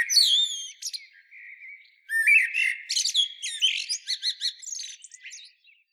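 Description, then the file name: Common blackbird song: a fast run of high twittering notes, then a low warbled phrase around two seconds, followed by busy chattering and squeaky high notes. "Turdus merula"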